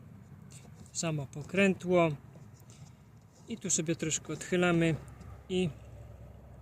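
A manual window crank handle is fitted onto the regulator shaft of the rear right door of a Fiat Panda II and tilted slightly so its metal retaining clip can be pushed in, with faint handling sounds around 0.5 s and 2.7 s while someone talks. Nothing has seated or clicked yet; the clip has not snapped into place.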